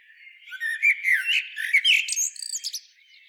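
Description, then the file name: Common blackbird giving a rapid run of high, squeaky twitters and short whistled slurs, with sharp clicking notes mixed in, then fading. "Turdus merula"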